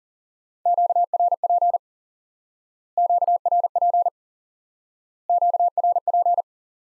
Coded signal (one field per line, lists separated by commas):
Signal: Morse code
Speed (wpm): 40 wpm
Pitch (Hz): 700 Hz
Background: none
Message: QRP QRP QRP